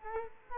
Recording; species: mosquito wingbeat signal from an infrared sensor; Culex quinquefasciatus